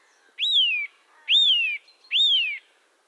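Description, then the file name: Eurasian nuthatch repeating a strong whistled note that jumps up and falls away, three times at a steady pace. "Sitta europaea"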